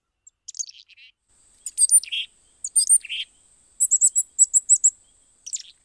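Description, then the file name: Chickadee giving scattered thin, very high chips and short buzzy notes in several quick bursts, in an otherwise quiet setting. "Chickadee Friendliness"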